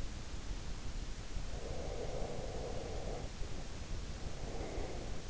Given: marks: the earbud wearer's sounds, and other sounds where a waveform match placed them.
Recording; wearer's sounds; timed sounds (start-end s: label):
sounds in sleep by an in-ear microphone; breath
1.50-5.24 s: breath